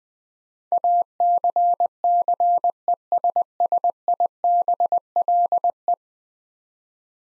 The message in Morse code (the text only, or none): ACCESSIBLE